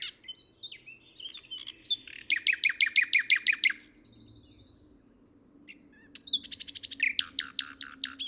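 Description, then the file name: Common nightingale singing a loud rapid series of identical notes, a pause, then another fast repeated phrase, with a low steady hum beneath. "Luscinia megarhynchos"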